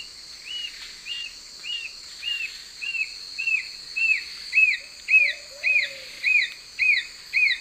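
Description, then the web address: Brown nunlet song: a steady series of clear arched whistles, about two per second, growing louder, over a constant high insect hum, with a brief low warble near the end. Recorded in the eastern lowlands of South America. "Natures Songs S America Eastern Lowlands Nonnula brunnea, song"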